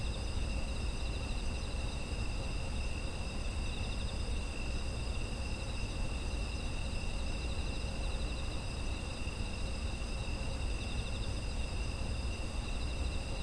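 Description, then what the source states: Insects singing together, multiple shrill trills stacked at different pitches and sustained throughout, above a heavy low hum. Autumn insect environmental ambience.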